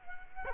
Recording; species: mosquito wingbeat signal from an infrared sensor; Culex quinquefasciatus